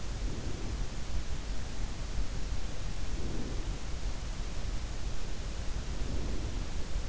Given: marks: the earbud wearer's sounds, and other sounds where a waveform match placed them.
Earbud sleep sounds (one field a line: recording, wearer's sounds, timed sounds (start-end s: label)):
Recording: sounds in sleep by an in-ear microphone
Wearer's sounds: breath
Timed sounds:
0.01-1.27 s: breath
2.86-4.16 s: breath
5.61-6.90 s: breath